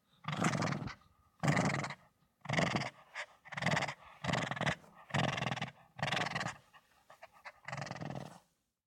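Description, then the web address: Shih Tzu growling in a series of rough, breathy bursts with brief pauses between them. "Soundopolis - Dogs Dog Shih Tzu Growl Fienup"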